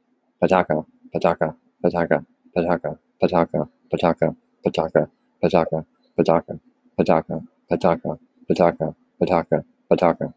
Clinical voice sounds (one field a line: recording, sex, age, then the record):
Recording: repeated syllables /pa ta ka/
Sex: male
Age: 30 to 39 years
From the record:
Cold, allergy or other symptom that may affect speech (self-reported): no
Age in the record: 33 years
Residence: Florida, United States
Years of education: 12